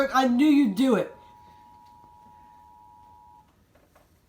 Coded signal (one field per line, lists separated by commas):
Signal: Emergency Alert System (SAME) tones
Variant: 853 and 960 Hz attention tone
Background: speech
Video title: WFLS pulls a fast one and runs the January 2021 RMT(EAS 345-347)